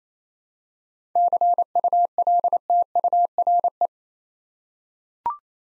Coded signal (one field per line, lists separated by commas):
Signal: Morse code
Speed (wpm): 28 wpm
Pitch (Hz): 700 Hz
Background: none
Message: CULTURE